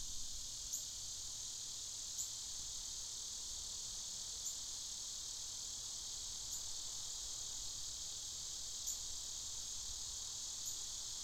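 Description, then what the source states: Cicada chorus as an unbroken high-pitched drone, steady and even, with small faint ticks recurring every couple of seconds. Cicadas recorded in the afternoon.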